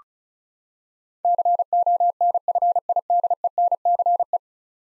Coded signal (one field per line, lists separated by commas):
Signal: Morse code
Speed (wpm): 36 wpm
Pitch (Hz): 700 Hz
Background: none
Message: CONFIDENCE